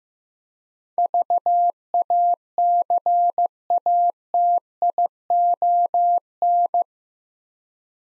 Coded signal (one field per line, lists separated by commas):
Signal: Morse code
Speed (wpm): 15 wpm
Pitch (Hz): 700 Hz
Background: none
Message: VACATION